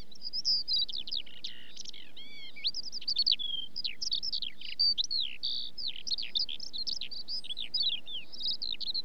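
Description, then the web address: Eurasian skylark pouring out a rapid, varied high warble of slurred whistles, buzzy trills and chirps, continuous throughout, over faint low background noise. Song given during song flight. "BBC Sound Effects Library. Skylark"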